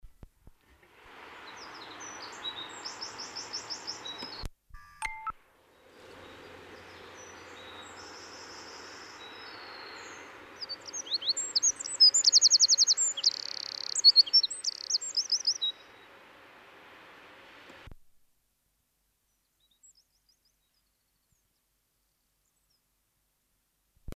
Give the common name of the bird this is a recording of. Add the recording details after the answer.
Eurasian Wren. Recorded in the wild. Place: Michelstadt, OT Vielbrunn, Hessen, DE. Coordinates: 49.7139, 9.09778. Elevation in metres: 432. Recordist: Tretzel, Erwin. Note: Aufnahmedatum unbekannt, vermutlich Frühjahr 1976, Vielbrunn, Michelstadt: Gesang